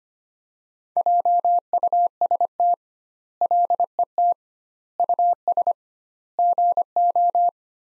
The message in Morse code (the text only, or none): JUST LET US GO